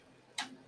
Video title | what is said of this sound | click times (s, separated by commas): T.G.I.F ~ BIN/Sale/Auction ~ Kajun Roots Reseller ~Resellers Wanted ~ Open to anyone. Come have fun. | pops right in doesn't fall off yeah you can hear when it snaps | 0.4 s